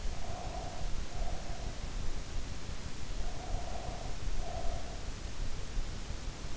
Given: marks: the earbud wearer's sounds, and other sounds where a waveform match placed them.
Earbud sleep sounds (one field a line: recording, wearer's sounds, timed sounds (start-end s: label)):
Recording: sounds in sleep by an in-ear microphone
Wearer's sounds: breath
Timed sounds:
0.09-1.80 s: breath
3.10-5.31 s: breath